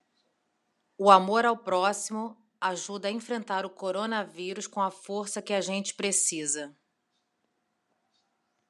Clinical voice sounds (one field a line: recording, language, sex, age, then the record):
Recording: spoken sentence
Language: Brazilian Portuguese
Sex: female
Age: 40 to 49 years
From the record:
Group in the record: control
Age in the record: 43 years